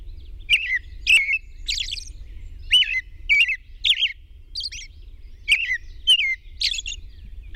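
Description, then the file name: Robin song with repeated descending whistled notes broken by sharp ticks and brief high warbles, over a constant low background rumble. At dawn on 21 June 2001. "2001-06-21 Robin Dawn PW"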